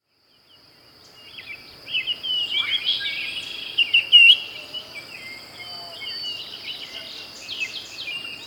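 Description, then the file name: Baltimore oriole song: a short burst of clear whistled notes with rising and falling slurs, then softer scattered whistles, over a steady high insect drone. "Icterus galbula - Baltimore Oriole"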